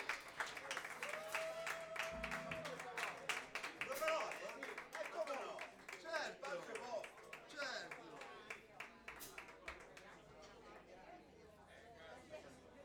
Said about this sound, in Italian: Io credo che questa sera un applauso speciale se lo merita la nostra guest star,